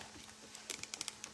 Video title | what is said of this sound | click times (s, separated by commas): The Favorite Glider Lion King Wood Waterfall Deluxe Sugar Glider Toy Build | there we go there's more clicks more clicks and you're supposed to do it till you | 0.7 s, 0.8 s, 0.9 s, 1.0 s, 1.1 s, 1.2 s